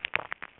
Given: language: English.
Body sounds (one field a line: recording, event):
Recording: throat vibration sensor signal played as sound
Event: swallow